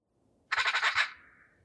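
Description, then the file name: Eurasian magpie giving one harsh, rasping burst of quick pulses that fades into a softer trailing rasp. "Pica pica"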